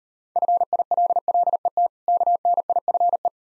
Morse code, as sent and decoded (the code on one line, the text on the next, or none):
..-. .. .-.. .-.. . - / -.- -. .. ..-. .
FILLET KNIFE